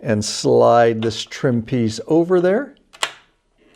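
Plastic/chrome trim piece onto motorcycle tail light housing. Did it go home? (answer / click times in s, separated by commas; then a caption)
yes / 2.9 s, 3.0 s. Someone talks while a chrome trim piece is slid over the new Ciro Armor LED programmable tail light housing on a Harley motorcycle fender so its small tabs engage. Two sharp snaps sound at 3.0 s and 3.0 s, as the tabs snap into place and the trim piece is secured.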